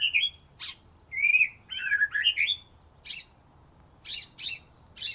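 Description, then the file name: White-rumped shama song with sweet warbled whistles and a sharp chip, followed by a few spaced short notes. "murai batu"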